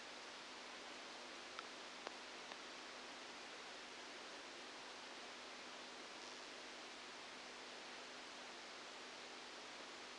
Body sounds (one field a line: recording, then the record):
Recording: brain microelectrode recording played as sound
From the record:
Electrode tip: outside the subthalamic nucleus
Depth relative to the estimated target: -10 mm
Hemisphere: left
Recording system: NeuroSet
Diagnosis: Parkinson's disease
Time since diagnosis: 15 years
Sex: female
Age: 59 years